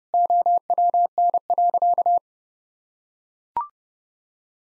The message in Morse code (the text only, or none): OWN.